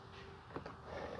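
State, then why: Not seated. A pull-up sunshade on a rear door window of a 2022 Jeep Grand Cherokee Overland is handled as it is raised toward the retaining clips on the door frame. Two brief handling transients are heard at about 0.6 s and 0.7 s over low background noise. Nothing has seated or clicked into the clips yet.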